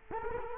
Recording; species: mosquito wingbeat signal from an infrared sensor; Culex quinquefasciatus